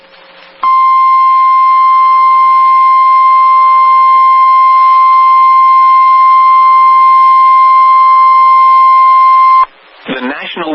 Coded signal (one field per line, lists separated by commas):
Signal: Emergency Alert System (SAME) tones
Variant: 1050 Hz attention tone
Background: speech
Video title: Severe Thunderstorm Warning #7 - 08/06/21 (EAS #2,346)